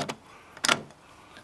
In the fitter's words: key pops into place